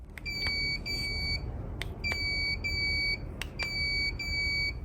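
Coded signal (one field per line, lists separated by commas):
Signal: beep code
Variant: AUTOBOAT GPS controller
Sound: long, steady, high-pitched electronic beeps repeating, with sharp clicks between them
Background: clicks, room noise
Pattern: 2 long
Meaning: The GPS is receiving no signal, or not enough signal for full accuracy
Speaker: Two long lazy beeps like that indicate that the GPS system is either not receiving any signal at all, or more likely is not receiving sufficient signal that it thinks it needs to be as accurate as it can be.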